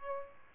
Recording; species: mosquito wingbeat signal from an infrared sensor; Aedes albopictus